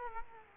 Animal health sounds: mosquito wingbeat signal from an infrared sensor; Culex quinquefasciatus

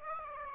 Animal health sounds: mosquito wingbeat signal from an infrared sensor; Aedes aegypti

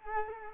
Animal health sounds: mosquito wingbeat signal from an infrared sensor; Culex quinquefasciatus

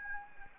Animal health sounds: mosquito wingbeat signal from an infrared sensor; Anopheles gambiae

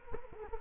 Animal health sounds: mosquito wingbeat signal from an infrared sensor; Culex quinquefasciatus

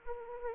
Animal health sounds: mosquito wingbeat signal from an infrared sensor; Anopheles arabiensis

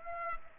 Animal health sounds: mosquito wingbeat signal from an infrared sensor; Aedes aegypti

